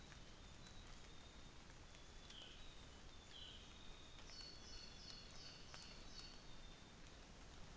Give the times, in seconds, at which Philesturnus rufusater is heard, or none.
2.17-6.50